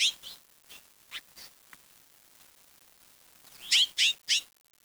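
Bird giving scattered high, thin chirps, quiet in the middle, then three loud sharp chirps in rapid succession near the end.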